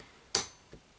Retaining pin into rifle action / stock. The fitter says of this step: and it's going to click in place and we're reassembled check the ction okay